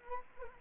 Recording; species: mosquito wingbeat signal from an infrared sensor; Anopheles arabiensis